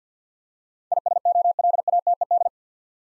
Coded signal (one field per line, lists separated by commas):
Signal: Morse code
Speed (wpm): 52 wpm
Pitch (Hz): 700 Hz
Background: none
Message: ISOLATED